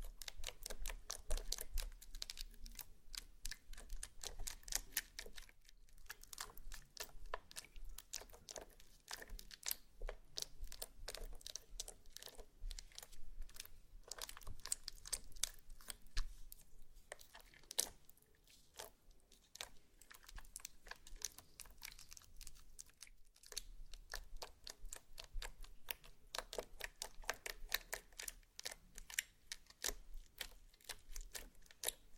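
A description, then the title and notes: Slime being squeezed and poked, making a dense, continuous run of sharp clicks, pops and crackles. The snapping is bright and crisp, coming in quick irregular bursts with only brief quieter gaps, steady in level for the whole stretch. ASMR SLIME! 5 Satisfying Slimes For Sleep (No Talking).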